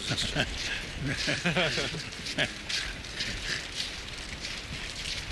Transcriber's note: Prabhupāda laughs